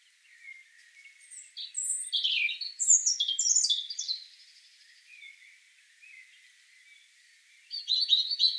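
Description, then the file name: European robin delivering a tumbling phrase of piercing high notes and quick slurs, a quieter pause with soft notes, then a fresh phrase starting at the end. "Erithacus rubecula"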